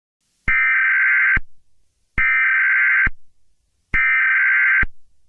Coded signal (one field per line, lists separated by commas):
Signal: Emergency Alert System (SAME) tones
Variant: header bursts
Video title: Five Nights at Freddy’s 2 | An EAS Scenario